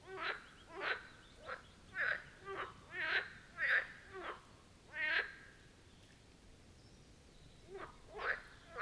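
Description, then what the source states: Marsh frogs in a chorus of pulsed, rattling croaks, several calls overlapping and following each other in quick bursts, with a short lull before calling resumes. Chorus of marsh frogs at the Birkensee, Schönbuch, Germany, recorded on one of the first hot summer days of 2023.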